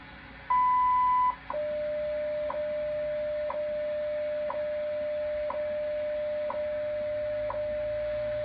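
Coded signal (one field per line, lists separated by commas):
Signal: radio time signal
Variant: WWV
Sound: a long high beep, then soft ticks each second over a steady lower tone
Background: radio static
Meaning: The long 1 kHz tone marks the start of a new minute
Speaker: hours 5 minutes coordinated universal time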